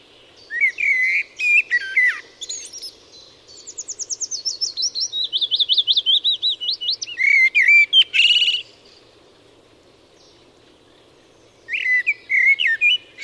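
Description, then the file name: Eurasian blackbird song: low fluted warbling phrases, a long run of rapid high repeated notes, then a louder squeaky burst, with a final fluted phrase after a pause. "Turdus merula"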